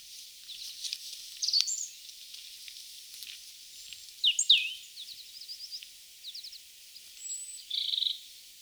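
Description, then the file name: European robin song: scattered high, scratchy phrases with a louder sliding whistled flourish near the middle, then quick ticking trills and a short buzzy ending note. "Erithacus rubecula"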